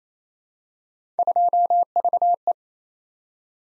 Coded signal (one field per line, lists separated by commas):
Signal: Morse code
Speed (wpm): 28 wpm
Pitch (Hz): 700 Hz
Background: none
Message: 2VE